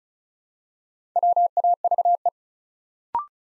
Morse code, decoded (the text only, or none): WAVE